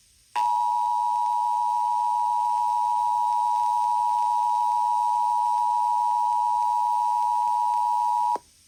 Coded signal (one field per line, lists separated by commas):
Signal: Emergency Alert System (SAME) tones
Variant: 853 and 960 Hz attention tone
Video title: EAS Flash Flood Emergency (FFW-E) on WFDD 88.5 (8/2/2026)